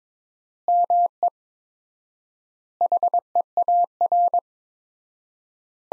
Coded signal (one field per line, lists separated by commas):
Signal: Morse code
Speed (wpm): 21 wpm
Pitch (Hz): 700 Hz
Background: none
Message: ME HEAR